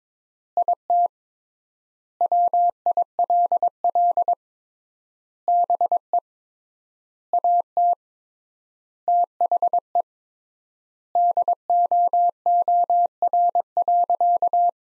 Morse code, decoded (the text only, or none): IT WILL BE AT THE DOOR.